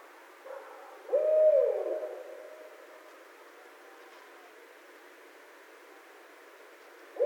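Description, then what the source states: Barred owl giving a single loud hoot that ends in a drawn-out descending slur, followed by quiet, with another hoot starting at the very end. Recorded on 19 February 2012.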